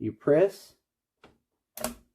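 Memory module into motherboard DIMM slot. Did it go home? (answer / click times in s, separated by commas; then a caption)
yes / 1.8 s. A DDR memory stick is pressed down into the motherboard DIMM slot until the retention locks on each side snap shut. Someone talks at the start, then a faint tick comes at 1.2 s before two sharp clicks of the latches engaging at 1.8 s and 1.8 s. The module is seated with both locks clicked in.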